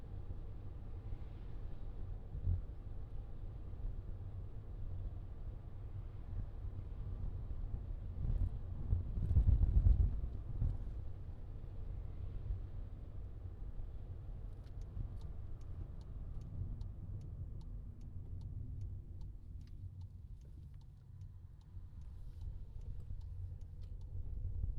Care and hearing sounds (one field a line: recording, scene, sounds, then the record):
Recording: everyday scene through a hearing-aid microphone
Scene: in a vehicle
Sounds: engine, rumble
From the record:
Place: Skoda Fabia, gasoline engine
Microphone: in the ear canal, left